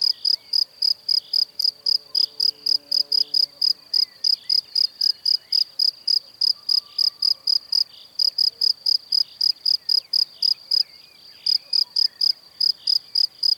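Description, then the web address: Cricket chirping persistently in fast, shrill pulses, with brief pauses; a faint low tonal sound is heard around the third second. "Kurs PTTK Przyroda Ptaki Świerszcze"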